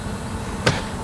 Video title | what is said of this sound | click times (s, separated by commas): Ram Truck 8 speed transmission park override | there you have it now it's fully seated once it's fully seated and you hear the click | 0.7 s